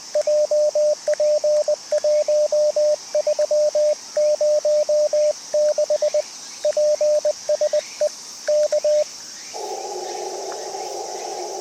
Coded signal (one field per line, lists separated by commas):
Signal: Morse code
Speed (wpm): 20 wpm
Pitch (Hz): 590 Hz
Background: radio noise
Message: JP1306 PSE K